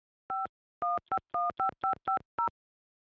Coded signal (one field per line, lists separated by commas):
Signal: DTMF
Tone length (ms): 120 ms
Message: 51515550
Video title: MTS Ring Back Tone